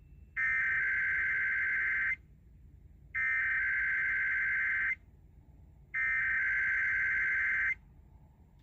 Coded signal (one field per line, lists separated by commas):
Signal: Emergency Alert System (SAME) tones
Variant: header bursts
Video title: San Francisco Monthly EAS Test (EAS #167-168)